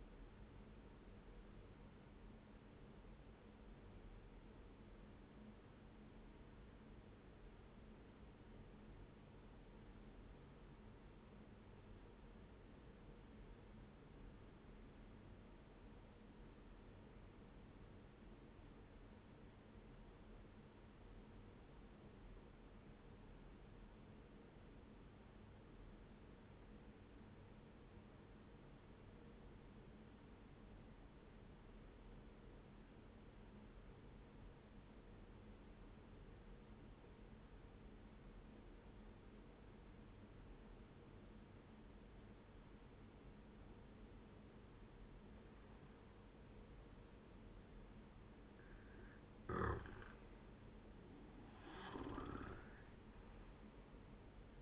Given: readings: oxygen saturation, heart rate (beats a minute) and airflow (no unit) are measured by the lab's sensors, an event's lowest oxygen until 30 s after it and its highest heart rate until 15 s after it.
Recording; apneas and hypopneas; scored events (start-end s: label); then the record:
breathing in sleep by a voice recorder at the bedside; 1
3.00-48.50 s: obstructive apnea (N1, oxygen 97% highest, then 89% lowest, heart rate 65 at the start, 79 highest)
24.00-54.62 s: new sleep stage, N2 (light sleep)
From the record:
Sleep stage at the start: N1 (lightest sleep); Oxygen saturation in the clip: 88 to 97%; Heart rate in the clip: 60 to 78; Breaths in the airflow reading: 2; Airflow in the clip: -8.5 to 13.2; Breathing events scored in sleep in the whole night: 131 in 7.2 hours asleep